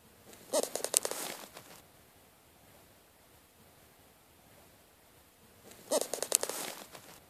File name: Sound of a bird flapping its wings